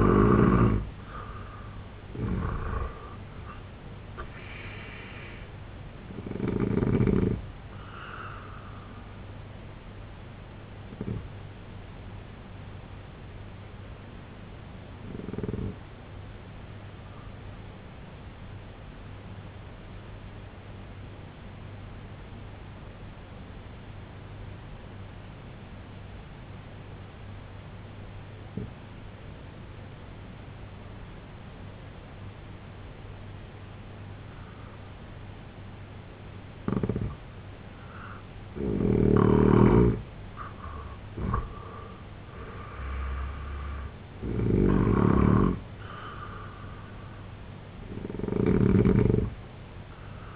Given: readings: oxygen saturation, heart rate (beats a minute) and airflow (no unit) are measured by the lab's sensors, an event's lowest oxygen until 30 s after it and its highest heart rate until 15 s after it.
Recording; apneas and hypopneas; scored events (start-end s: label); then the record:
breathing in sleep by a voice recorder at the bedside; 1
12.00-50.36 s: new sleep stage, N1 (lightest sleep)
16.00-40.80 s: obstructive apnea (N1, oxygen 93% highest, then 82% lowest, heart rate 64 at the start, 91 highest)
From the record:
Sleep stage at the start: N2 (light sleep); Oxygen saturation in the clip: 83 to 93%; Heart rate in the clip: 64 to 93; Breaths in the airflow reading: 6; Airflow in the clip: -10.5 to 7.2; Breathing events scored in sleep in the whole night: 258 in 7.4 hours asleep